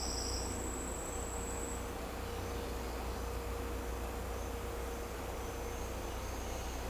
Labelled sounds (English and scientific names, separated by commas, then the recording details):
none
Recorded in secondary vegetation near Puerto Asís, Putumayo, Colombia, on 16 December 2024 at 09:00
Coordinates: 0.502, -76.326
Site G028